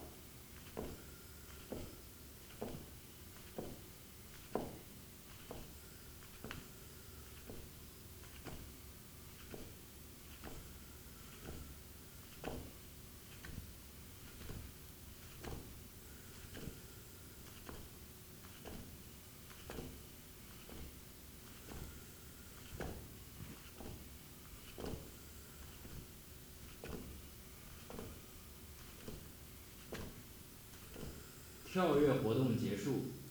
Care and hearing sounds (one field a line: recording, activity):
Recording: daily activity, guitar pickup as the sensor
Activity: jump